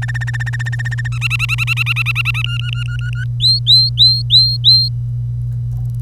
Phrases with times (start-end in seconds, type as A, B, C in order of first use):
0.02-1.08 A, 1.12-2.42 B, 2.44-3.24 C, 3.40-4.88 D